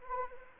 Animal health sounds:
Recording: mosquito wingbeat signal from an infrared sensor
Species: Anopheles arabiensis

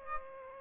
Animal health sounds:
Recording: mosquito wingbeat signal from an infrared sensor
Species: Aedes aegypti

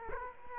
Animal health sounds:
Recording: mosquito wingbeat signal from an infrared sensor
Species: Culex quinquefasciatus

